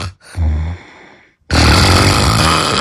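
Two snores in under three seconds from an adult sleeper: a brief low, buzzing one, then after a short pause a much louder, harsh, rattling snore lasting over a second. Very loud snoring from the 2025 winner of the Queen City loudest snorer contest, too loud to sleep next to.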